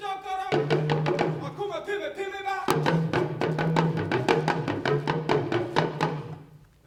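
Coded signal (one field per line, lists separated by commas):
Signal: talking drum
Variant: Dagomba luna talking drum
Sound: rapid uneven hand-drum strokes with low tones that bend in pitch, like speech rhythm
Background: live stage, room echo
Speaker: let me show you how my drum can talk [Music] [Music] but maybe if you don't understand the language you don't know but I'm speaking a musical poetry that says something about tradition tradition is given to our grandparents they pass it to our parents they pass it on to us and it is our responsibility to pass it on to the next Generation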